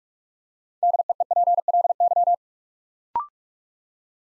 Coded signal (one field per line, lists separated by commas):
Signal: Morse code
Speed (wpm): 46 wpm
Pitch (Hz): 700 Hz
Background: none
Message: DEEPLY